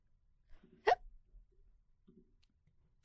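A single hiccup from an adult while drinking water.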